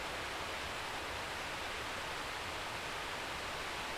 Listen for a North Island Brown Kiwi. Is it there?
no